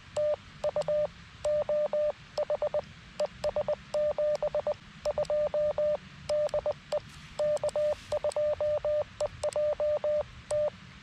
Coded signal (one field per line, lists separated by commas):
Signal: Morse code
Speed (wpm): 20 wpm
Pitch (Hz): 600 Hz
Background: radio noise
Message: TU OH ES 72 DE K2EJT